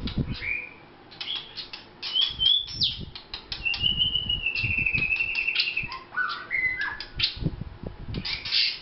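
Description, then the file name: White-rumped shama song, a long clear whistled note and quick varied phrases mixed with sharp clicks and low thumping knocks. Vietnam. "shama vietnam omkicau"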